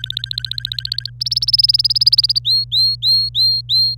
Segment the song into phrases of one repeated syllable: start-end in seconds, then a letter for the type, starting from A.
0.00-1.10 A, 1.21-2.39 B, 2.45-3.95 C